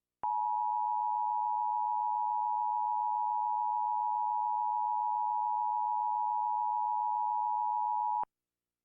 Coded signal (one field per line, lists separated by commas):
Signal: Emergency Alert System (SAME) tones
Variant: 853 and 960 Hz attention tone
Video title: Emergency alert system alarms